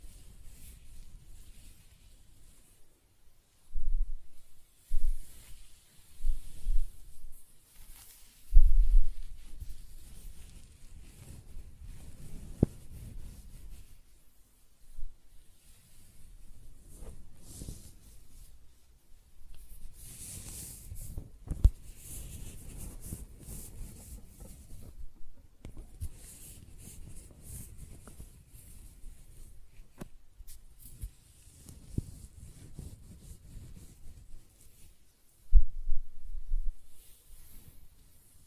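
Close-up hair sounds: soft scratching, brushing and stroking in irregular bursts, mostly low and muffled with a faint brighter rustle. Louder strokes stand out around 4–9 seconds and again near 35 seconds, with quieter stretches of gentle rubbing and near silence between.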